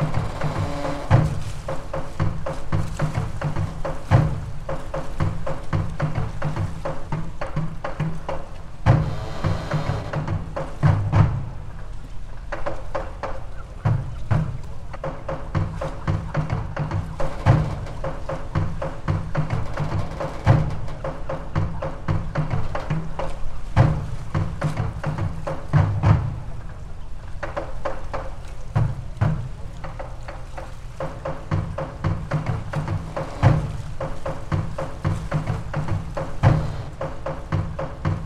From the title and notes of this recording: I saw myself hiding aboard a creaky boat while tribal drums beat in the distance. Ferrara drummers reimagined by Michael Winchester.